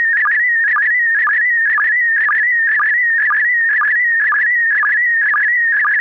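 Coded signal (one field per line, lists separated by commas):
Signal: SSTV (slow-scan television)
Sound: warbling, chirpy electronic tone with a short low blip about twice a second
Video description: Use MMSSTV (Windows), Robot 36 (Android), QSSTV (as in the video, Linux) or one of the SSTV programs/apps for Apple to decode the audio yourself.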